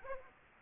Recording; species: mosquito wingbeat signal from an infrared sensor; Aedes aegypti